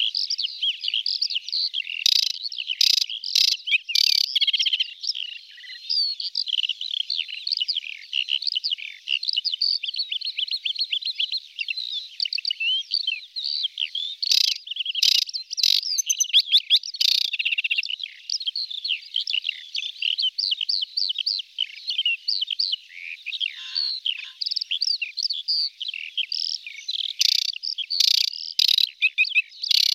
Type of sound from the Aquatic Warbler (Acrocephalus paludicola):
song